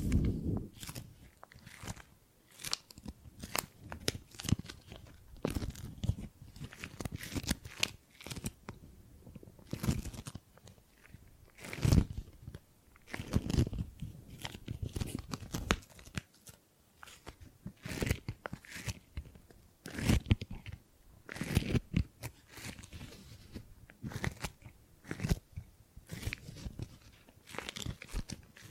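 Gripping and grabbing sounds: a steady run of short, crunchy rustles and squeezes, one every half second or so for the full half minute. Each grab is a brief crackling burst with a low thump beneath it, separated by near silence.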